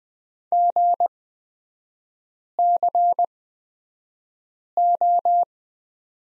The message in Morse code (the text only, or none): GCO